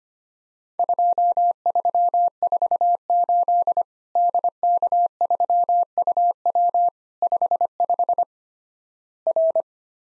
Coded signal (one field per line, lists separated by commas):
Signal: Morse code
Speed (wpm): 25 wpm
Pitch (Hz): 700 Hz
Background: none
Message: 2348 DK3UW 55 R